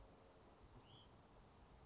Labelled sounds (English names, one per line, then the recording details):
Hutton's Vireo
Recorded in Sonoma County, California